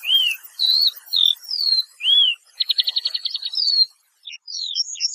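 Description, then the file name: Eurasian skylark song: high, varied whistled phrases, some arched and some slurred, broken by a quick buzzy trill midway, then scattered sharp chirps. "Allodola"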